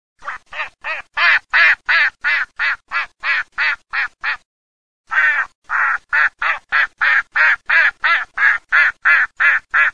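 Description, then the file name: Mallard quacking loudly in an even, rhythmic run of nasal quacks, breaking off briefly before a second steady series begins. "GERMANOD"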